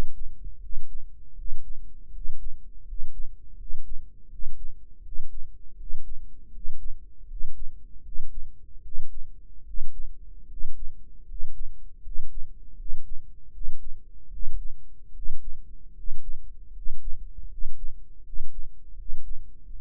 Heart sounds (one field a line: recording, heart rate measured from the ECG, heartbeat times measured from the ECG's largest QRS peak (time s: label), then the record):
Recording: heart sounds by microphone in the right ear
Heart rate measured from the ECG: 79 bpm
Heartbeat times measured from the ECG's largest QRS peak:
0.58 s: heartbeat
1.34 s: heartbeat
2.10 s: heartbeat
2.83 s: heartbeat
3.55 s: heartbeat
4.27 s: heartbeat
5.01 s: heartbeat
5.75 s: heartbeat
6.49 s: heartbeat
7.25 s: heartbeat
8.01 s: heartbeat
8.80 s: heartbeat
9.63 s: heartbeat
10.46 s: heartbeat
11.24 s: heartbeat
12.00 s: heartbeat
12.74 s: heartbeat
13.50 s: heartbeat
14.28 s: heartbeat
15.11 s: heartbeat
15.92 s: heartbeat
16.71 s: heartbeat
17.47 s: heartbeat
18.21 s: heartbeat
18.94 s: heartbeat
19.65 s: heartbeat
From the record:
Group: healthy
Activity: cold pressor test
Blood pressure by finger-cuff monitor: 101/70 mmHg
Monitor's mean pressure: 77 mmHg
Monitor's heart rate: 79 bpm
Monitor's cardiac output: 6.8 L/min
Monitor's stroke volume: 86 mL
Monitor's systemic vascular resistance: 840 dyn s/cm5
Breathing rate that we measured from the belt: 13 breaths a minute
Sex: male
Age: 23 years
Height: 178 cm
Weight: 96.6 kg